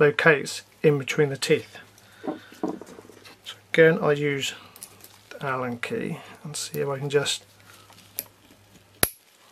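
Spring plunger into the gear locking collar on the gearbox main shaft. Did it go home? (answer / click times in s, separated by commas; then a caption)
yes / 9.0 s. A spring plunger snaps into the teeth of the locking collar on a classic Mini gearbox main shaft as the collar is turned with an Allen key, giving a sharp click at 9.0 s. Someone talks through most of the clip, and a few faint metallic ticks are heard before the click. The plunger seats and locks the collar in place.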